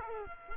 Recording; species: mosquito wingbeat signal from an infrared sensor; Culex quinquefasciatus